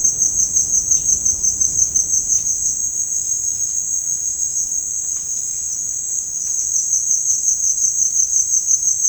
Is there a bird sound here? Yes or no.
no